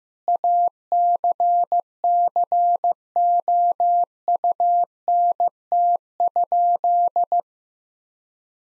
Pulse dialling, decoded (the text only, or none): none